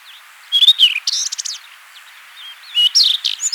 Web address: Rufous-Tailed Scrub Robin Song